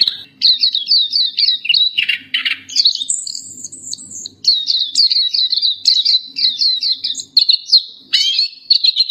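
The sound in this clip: Black-capped white-eye delivering long, high, chattering warbles with quick repeated notes and a thin high whistle midway.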